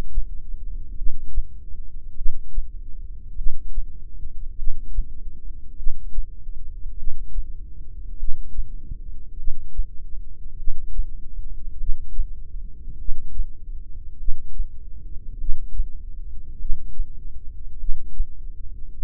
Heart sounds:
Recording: heart sounds by microphone in the left ear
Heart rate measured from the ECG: 50 bpm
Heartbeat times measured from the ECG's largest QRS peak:
0.97 s: heartbeat
2.17 s: heartbeat
3.38 s: heartbeat
4.58 s: heartbeat
5.78 s: heartbeat
6.99 s: heartbeat
8.19 s: heartbeat
9.39 s: heartbeat
10.59 s: heartbeat
11.80 s: heartbeat
13.00 s: heartbeat
14.20 s: heartbeat
15.40 s: heartbeat
16.60 s: heartbeat
17.80 s: heartbeat
19.01 s: heartbeat
From the record:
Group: heart failure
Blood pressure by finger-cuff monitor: 113/56 mmHg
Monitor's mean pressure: 75 mmHg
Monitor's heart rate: 50 bpm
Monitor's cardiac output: 4.9 L/min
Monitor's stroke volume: 98 mL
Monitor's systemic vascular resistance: 1110 dyn s/cm5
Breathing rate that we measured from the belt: 15 breaths a minute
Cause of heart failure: cardiac sarcoid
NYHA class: 1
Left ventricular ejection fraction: 39%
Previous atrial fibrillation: present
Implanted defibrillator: present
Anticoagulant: apixaban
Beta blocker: carvedilol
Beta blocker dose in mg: 50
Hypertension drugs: ramipril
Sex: male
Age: 79 years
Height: 184 cm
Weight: 92.5 kg

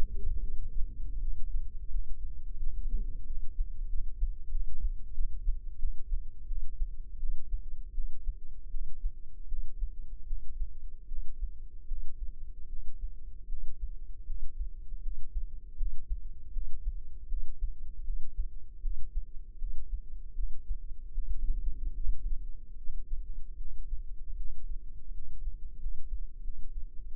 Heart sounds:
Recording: heart sounds by microphone in the left ear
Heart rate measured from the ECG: 81 bpm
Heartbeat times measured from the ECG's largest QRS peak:
0.41 s: heartbeat
1.20 s: heartbeat
1.89 s: heartbeat
2.58 s: heartbeat
3.25 s: heartbeat
3.88 s: heartbeat
4.50 s: heartbeat
5.13 s: heartbeat
5.78 s: heartbeat
6.46 s: heartbeat
7.18 s: heartbeat
7.93 s: heartbeat
8.70 s: heartbeat
9.47 s: heartbeat
10.26 s: heartbeat
11.07 s: heartbeat
11.87 s: heartbeat
12.68 s: heartbeat
13.47 s: heartbeat
14.25 s: heartbeat
15.01 s: heartbeat
15.76 s: heartbeat
16.51 s: heartbeat
17.27 s: heartbeat
18.03 s: heartbeat
18.81 s: heartbeat
19.57 s: heartbeat
20.34 s: heartbeat
21.13 s: heartbeat
21.95 s: heartbeat
22.76 s: heartbeat
23.56 s: heartbeat
24.35 s: heartbeat
25.12 s: heartbeat
25.78 s: heartbeat
26.42 s: heartbeat
27.05 s: heartbeat
From the record:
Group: healthy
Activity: breath hold 0-14 s, rest 14-27 s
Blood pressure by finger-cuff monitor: 103/62 mmHg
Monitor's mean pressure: 76 mmHg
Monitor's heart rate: 78 bpm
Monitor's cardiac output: 6.9 L/min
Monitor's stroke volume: 87 mL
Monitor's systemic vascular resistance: 770 dyn s/cm5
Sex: female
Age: 19 years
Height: 163 cm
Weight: 48.9 kg

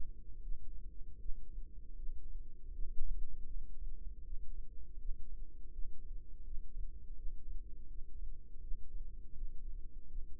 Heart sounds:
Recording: heart sounds by microphone in the left ear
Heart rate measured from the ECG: 81 bpm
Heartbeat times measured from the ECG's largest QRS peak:
0.41 s: heartbeat
1.18 s: heartbeat
1.95 s: heartbeat
2.71 s: heartbeat
3.47 s: heartbeat
4.23 s: heartbeat
4.97 s: heartbeat
5.71 s: heartbeat
6.43 s: heartbeat
7.15 s: heartbeat
7.87 s: heartbeat
8.60 s: heartbeat
9.34 s: heartbeat
10.07 s: heartbeat
From the record:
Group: healthy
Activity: Valsalva maneuver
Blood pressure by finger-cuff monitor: 150/101 mmHg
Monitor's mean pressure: 120 mmHg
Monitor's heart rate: 79 bpm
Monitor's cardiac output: 4.7 L/min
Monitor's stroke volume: 59 mL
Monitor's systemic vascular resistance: 1950 dyn s/cm5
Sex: female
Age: 51 years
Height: 162 cm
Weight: 70.04 kg

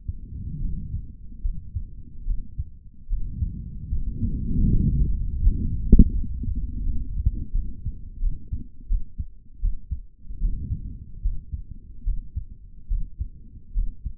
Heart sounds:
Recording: heart sounds by stethoscope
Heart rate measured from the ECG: 78 bpm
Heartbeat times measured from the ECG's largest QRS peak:
0.60 s: heartbeat
1.42 s: heartbeat
2.25 s: heartbeat
3.07 s: heartbeat
3.89 s: heartbeat
4.67 s: heartbeat
5.39 s: heartbeat
6.12 s: heartbeat
6.83 s: heartbeat
7.52 s: heartbeat
8.19 s: heartbeat
8.87 s: heartbeat
9.60 s: heartbeat
10.40 s: heartbeat
11.22 s: heartbeat
12.04 s: heartbeat
12.88 s: heartbeat
13.74 s: heartbeat
From the record:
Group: healthy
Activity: rest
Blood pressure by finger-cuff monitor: 112/84 mmHg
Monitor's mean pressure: 92 mmHg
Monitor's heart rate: 73 bpm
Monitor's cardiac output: 3.4 L/min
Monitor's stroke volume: 45 mL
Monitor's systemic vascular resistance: 2030 dyn s/cm5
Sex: male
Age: 55 years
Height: 167 cm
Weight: 57.2 kg

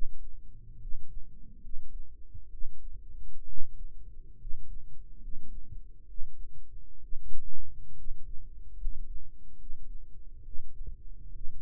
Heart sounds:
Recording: heart sounds by microphone in the right ear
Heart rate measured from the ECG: 68 bpm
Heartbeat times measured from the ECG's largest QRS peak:
0.74 s: heartbeat
1.57 s: heartbeat
2.46 s: heartbeat
3.42 s: heartbeat
4.34 s: heartbeat
5.15 s: heartbeat
6.03 s: heartbeat
6.96 s: heartbeat
7.91 s: heartbeat
8.73 s: heartbeat
9.53 s: heartbeat
10.40 s: heartbeat
11.28 s: heartbeat
From the record:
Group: healthy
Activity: rest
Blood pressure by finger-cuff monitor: 97/51 mmHg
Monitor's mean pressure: 60 mmHg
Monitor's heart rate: 68 bpm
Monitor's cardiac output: 7.5 L/min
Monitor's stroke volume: 111 mL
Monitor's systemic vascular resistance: 560 dyn s/cm5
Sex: male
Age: 22 years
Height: 185 cm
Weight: 112.4 kg

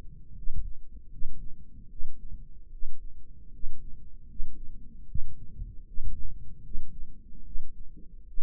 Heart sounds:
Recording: heart sounds by microphone in the right ear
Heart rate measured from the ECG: 76 bpm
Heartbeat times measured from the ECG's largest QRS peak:
0.34 s: heartbeat
1.10 s: heartbeat
1.89 s: heartbeat
2.71 s: heartbeat
3.51 s: heartbeat
4.27 s: heartbeat
5.07 s: heartbeat
5.85 s: heartbeat
6.62 s: heartbeat
7.44 s: heartbeat
8.26 s: heartbeat
From the record:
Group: healthy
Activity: rest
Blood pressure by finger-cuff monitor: 94/60 mmHg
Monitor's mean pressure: 68 mmHg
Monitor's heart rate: 76 bpm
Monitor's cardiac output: 5.9 L/min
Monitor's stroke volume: 76 mL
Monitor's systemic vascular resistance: 830 dyn s/cm5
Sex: female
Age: 22 years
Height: 163 cm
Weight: 67.1 kg

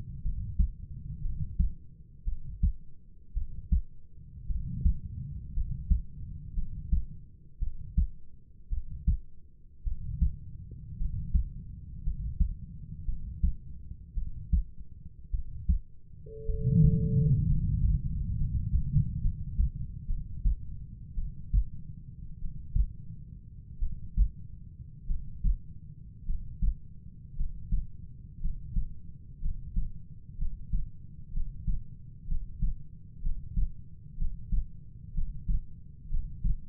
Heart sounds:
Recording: heart sounds by stethoscope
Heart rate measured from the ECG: 57 bpm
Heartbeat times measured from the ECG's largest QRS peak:
0.22 s: heartbeat
1.22 s: heartbeat
2.24 s: heartbeat
3.34 s: heartbeat
4.47 s: heartbeat
5.54 s: heartbeat
6.54 s: heartbeat
7.59 s: heartbeat
8.69 s: heartbeat
9.84 s: heartbeat
10.97 s: heartbeat
12.03 s: heartbeat
13.05 s: heartbeat
14.14 s: heartbeat
15.31 s: heartbeat
16.46 s: heartbeat
17.47 s: heartbeat
18.37 s: heartbeat
19.21 s: heartbeat
20.07 s: heartbeat
21.15 s: heartbeat
22.37 s: heartbeat
23.79 s: heartbeat
25.07 s: heartbeat
26.25 s: heartbeat
27.36 s: heartbeat
28.40 s: heartbeat
29.40 s: heartbeat
30.37 s: heartbeat
31.32 s: heartbeat
32.27 s: heartbeat
33.21 s: heartbeat
34.17 s: heartbeat
35.13 s: heartbeat
36.09 s: heartbeat
From the record:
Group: healthy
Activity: rest 0-17 s, breath hold 17-37 s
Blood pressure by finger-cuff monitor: 104/52 mmHg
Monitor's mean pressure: 64 mmHg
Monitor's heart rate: 56 bpm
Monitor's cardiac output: 5 L/min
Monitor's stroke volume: 89 mL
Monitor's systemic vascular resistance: 940 dyn s/cm5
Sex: male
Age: 25 years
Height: 170 cm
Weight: 70.4 kg

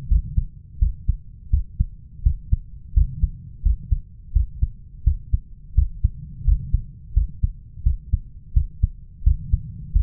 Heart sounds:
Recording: heart sounds by stethoscope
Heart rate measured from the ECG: 85 bpm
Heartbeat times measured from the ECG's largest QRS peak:
0.11 s: heartbeat
0.81 s: heartbeat
1.52 s: heartbeat
2.25 s: heartbeat
2.96 s: heartbeat
3.65 s: heartbeat
4.35 s: heartbeat
5.06 s: heartbeat
5.77 s: heartbeat
6.47 s: heartbeat
7.16 s: heartbeat
7.85 s: heartbeat
8.56 s: heartbeat
9.26 s: heartbeat
9.95 s: heartbeat
From the record:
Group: healthy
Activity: rest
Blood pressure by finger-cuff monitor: 139/85 mmHg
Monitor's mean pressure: 103 mmHg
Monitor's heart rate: 85 bpm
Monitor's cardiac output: 7.1 L/min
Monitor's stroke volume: 84 mL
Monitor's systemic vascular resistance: 1070 dyn s/cm5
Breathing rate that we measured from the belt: 19 breaths a minute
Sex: male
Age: 21 years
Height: 175 cm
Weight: 72.6 kg

